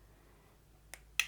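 A microSD memory card, contacts facing down, is pressed into its cutout in the plastic and metal SIM tray of a Samsung Galaxy A27. After a faint tick at 0.9 s, a sharp snap at 1.2 s marks the card seating, and it sits completely flush in the tray.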